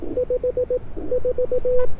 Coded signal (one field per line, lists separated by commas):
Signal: Morse code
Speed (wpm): 18 wpm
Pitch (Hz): 500 Hz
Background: none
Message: 54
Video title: Getting my First Ever POTA Kilo at Fort Ord Dunes State Park With an 18 WPM CW Activation